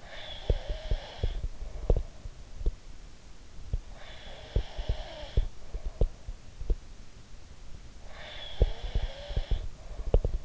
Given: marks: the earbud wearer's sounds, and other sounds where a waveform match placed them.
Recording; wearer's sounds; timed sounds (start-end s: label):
sounds in sleep by an in-ear microphone; breath
0.00-2.24 s: breath
0.43-2.76 s: sound from someone else or the room
3.63-6.79 s: sound from someone else or the room
3.89-6.14 s: breath
7.98-10.45 s: breath
8.52-10.45 s: sound from someone else or the room